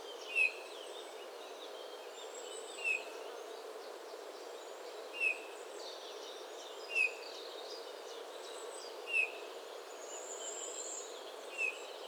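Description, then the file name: Eurasian bullfinch calling with brief, low piped whistles, six notes spaced roughly two seconds apart, while other small birds twitter faintly higher up. "Pyrrhula pyrrhula"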